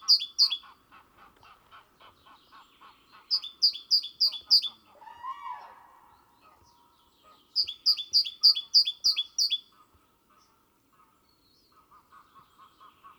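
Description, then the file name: Great tit song in ringing two-note phrases repeated rapidly in several bursts, with softer, lower repeated notes in the background. "Parus major"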